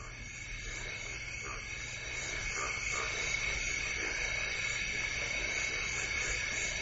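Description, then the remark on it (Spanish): A steady, dense chorus of croaking frogs or toads, with rapid pulsing calls layered over a constant high-pitched buzz and a low rumble, holding at a fairly even loudness throughout. “Algún tipo de rana. Mira, no vas muy desencaminado.”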